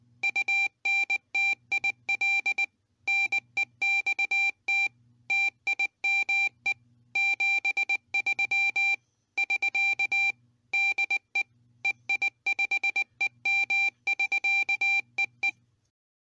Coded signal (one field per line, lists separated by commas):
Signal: Morse code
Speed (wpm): 20 wpm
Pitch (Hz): 2350 Hz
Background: none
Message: UNTIL NEXT TIME 73 <SK> DE EI5EM <SK> E E